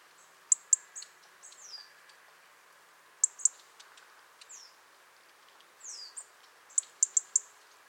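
European robin calling with sharp, very high ticks in pairs and quick series, mixed with thin downslurred notes at irregular intervals; faint background hiss throughout.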